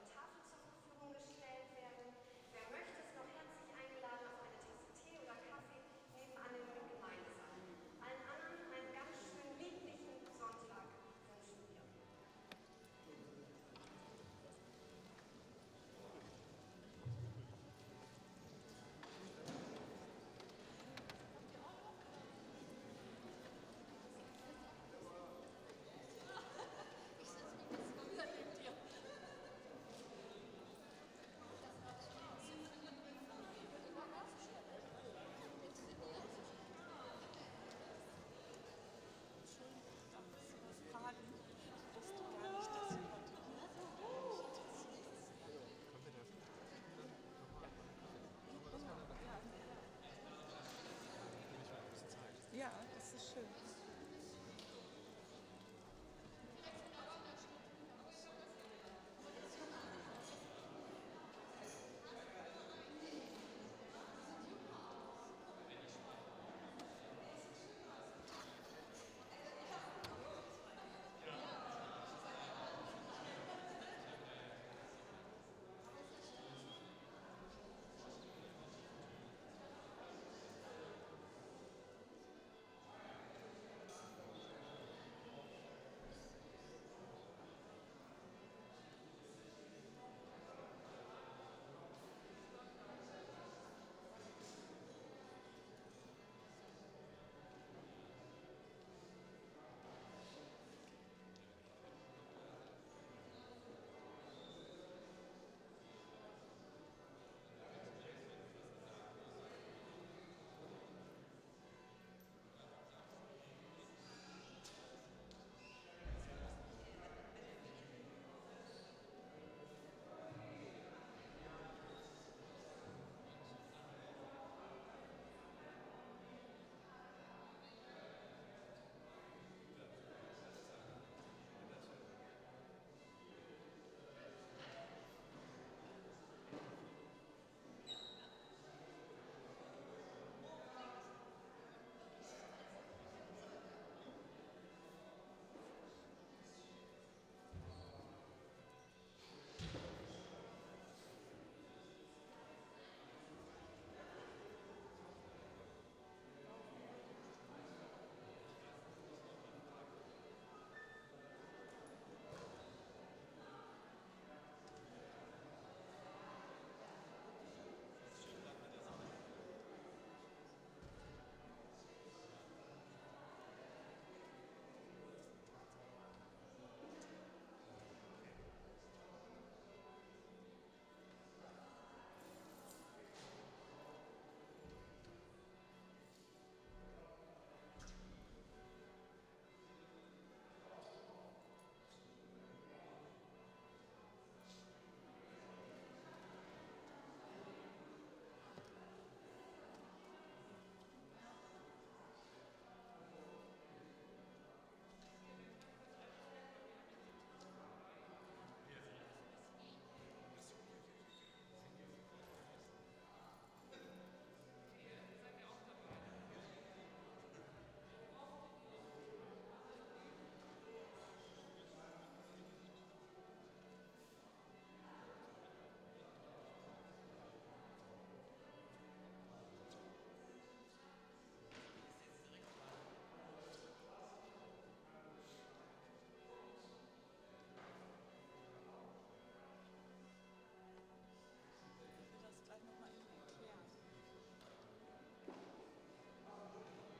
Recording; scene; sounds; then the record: everyday scene through a hearing-aid microphone; reverberant space; bell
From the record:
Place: church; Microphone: in the ear canal, right